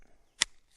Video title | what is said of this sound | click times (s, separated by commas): The Awesome Kel-Tec SUB2000 Gen2 9mm: Hands-on Review | snaps into place. | 0.4 s